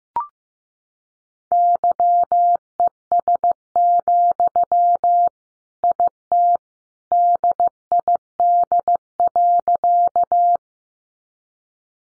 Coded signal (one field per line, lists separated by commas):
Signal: Morse code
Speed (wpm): 15 wpm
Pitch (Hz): 700 Hz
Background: none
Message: YES, IT DID.